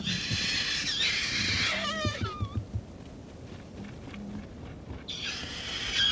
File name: kakapo